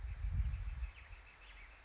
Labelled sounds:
Northern Flicker (Colaptes auratus)
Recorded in Sonoma County, California

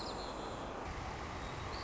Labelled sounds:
White-crowned Sparrow (Zonotrichia leucophrys)
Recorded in Sonoma County, California

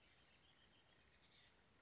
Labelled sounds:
Oak Titmouse (Baeolophus inornatus)
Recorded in Sonoma County, California

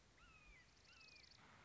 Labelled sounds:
Red-shouldered Hawk (Buteo lineatus)
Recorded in Sonoma County, California

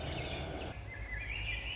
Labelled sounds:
Swainson's Thrush (Catharus ustulatus)
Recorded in Sonoma County, California

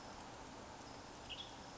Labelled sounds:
Western Tanager (Piranga ludoviciana)
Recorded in Sonoma County, California

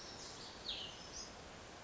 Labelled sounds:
Cassin's Vireo (Vireo cassinii)
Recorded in Sonoma County, California

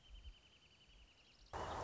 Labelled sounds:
Wrentit (Chamaea fasciata)
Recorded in Sonoma County, California

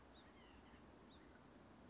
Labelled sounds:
White-breasted Nuthatch (Sitta carolinensis)
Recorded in Sonoma County, California

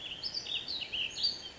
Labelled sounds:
Ash-throated Flycatcher (Myiarchus cinerascens)
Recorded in Sonoma County, California

